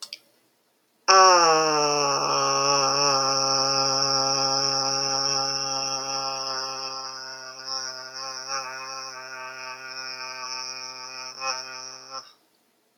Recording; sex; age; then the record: vowel held as long as possible; female; 40 to 49 years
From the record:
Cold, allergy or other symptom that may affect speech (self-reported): no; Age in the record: 44 years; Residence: Texas, United States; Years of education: 17